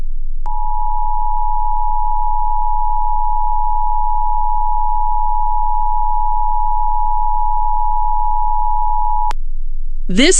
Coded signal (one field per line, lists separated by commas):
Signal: Emergency Alert System (SAME) tones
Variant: 853 and 960 Hz attention tone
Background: speech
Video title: EAS #63: February 2023 Ohio Required Monthly Test on WBNS FM